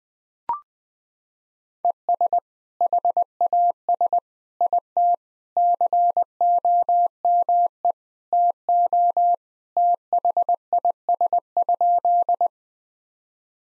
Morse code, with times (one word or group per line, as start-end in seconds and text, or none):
1.8-2.4 ES
2.8-4.2 HAS
4.6-5.1 IT
5.6-7.9 COME
8.3-9.3 TO
9.8-12.5 THIS?